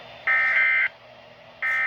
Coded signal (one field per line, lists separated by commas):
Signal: Emergency Alert System (SAME) tones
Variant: end-of-message bursts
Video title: Idk what to call this (eas alerts from june something 2025)